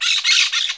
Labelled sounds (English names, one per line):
Brown-throated Parakeet contact call